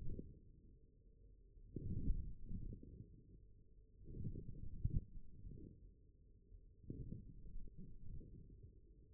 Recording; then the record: forearm muscle sounds (acoustic myography)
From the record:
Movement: forearm pronation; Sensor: system 1, eight BSWA MPA416 microphones around the upper forearm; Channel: 4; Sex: male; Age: 42 years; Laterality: right